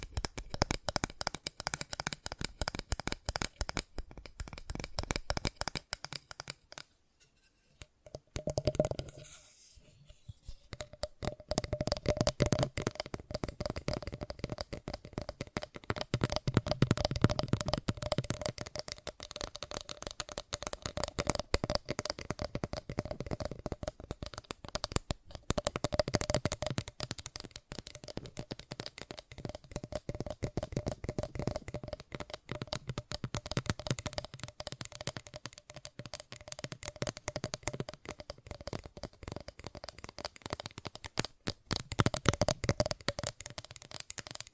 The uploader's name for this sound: ASMR Fast Tapping